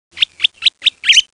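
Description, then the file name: Ring-tailed lemur infant giving short high whit calls, four brief chirps then a longer, more complex final note, all in quick succession. Infant; whit calls showing a transition from one call variant to another. "Lemur catta--infant whits transition var 1-var 2"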